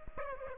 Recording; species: mosquito wingbeat signal from an infrared sensor; Aedes aegypti